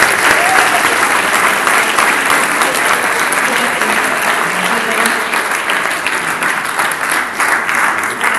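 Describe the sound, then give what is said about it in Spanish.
Steady, loud applause from an audience at a family conference welcoming a speaker specialised in adolescence, a dense wash of many hands clapping that holds evenly for about eight seconds, with a faint murmur of voices underneath. “Así que con un fuerte aplauso le damos la bienvenida”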